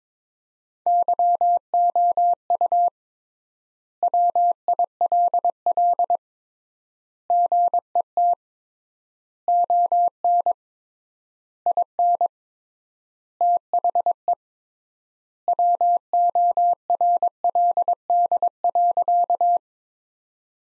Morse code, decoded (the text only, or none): YOU WILL GET ON IN THE WORLD.